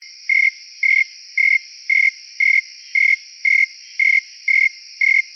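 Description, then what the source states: Snowy tree cricket producing rhythmic, even chirps close to twice per second, ten in a row, backed by an unbroken shrill insect chorus. Recorded at Montford at 68 degrees, dated 8-28-09.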